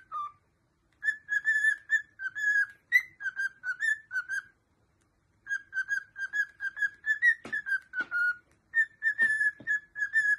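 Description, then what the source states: Cockatiel giving a long run of short, similar whistled notes at a steady pitch, broken by one pause and a few soft clicks. Several cockatiels singing and whistling.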